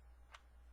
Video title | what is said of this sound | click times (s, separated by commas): HP Pavilion DV7 RAM Removal and Upgrade (Classic Guide) | hear that click so now we know we've been able we were able to successfully install that Ram | 0.3 s